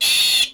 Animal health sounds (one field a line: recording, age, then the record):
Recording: pig call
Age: piglet (1 to 25 days)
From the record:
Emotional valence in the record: negative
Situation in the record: restrain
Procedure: sham castration, fixation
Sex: male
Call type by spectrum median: high-frequency call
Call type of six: high-frequency modulated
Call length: 0.54 s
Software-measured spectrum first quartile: 3421 Hz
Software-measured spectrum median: 4337 Hz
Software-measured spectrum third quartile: 7444 Hz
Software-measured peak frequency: 3411 Hz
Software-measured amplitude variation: 96 dB a second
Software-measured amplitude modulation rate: 25.1 a second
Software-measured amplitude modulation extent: 3.8 dB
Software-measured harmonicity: 3.9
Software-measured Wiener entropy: -2.43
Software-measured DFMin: 570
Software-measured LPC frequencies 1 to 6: 909, 2681, 3488, 4382, 5323, 6222 Hz